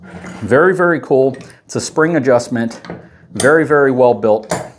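The spring-loaded height adjustment pin in the column of a metal tongue weight scale is handled while someone talks, with faint metallic handling sounds under the voice. Nothing has seated or clicked yet; the clip ends before the adjuster snaps into place.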